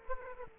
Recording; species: mosquito wingbeat signal from an infrared sensor; Aedes aegypti